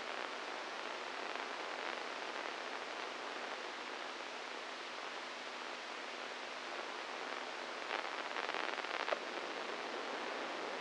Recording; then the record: brain microelectrode recording played as sound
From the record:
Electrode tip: inside the subthalamic nucleus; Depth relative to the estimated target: 0 mm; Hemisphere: right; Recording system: NeuroSet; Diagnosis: Parkinson's disease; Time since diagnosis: 8 years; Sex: male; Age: 46 years